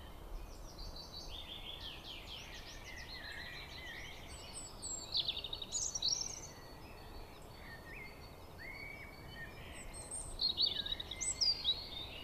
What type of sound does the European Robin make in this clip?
song